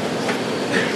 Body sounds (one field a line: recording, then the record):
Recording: background sound without coughing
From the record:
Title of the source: Office Sounds Ambience - Background Noise for Study and Work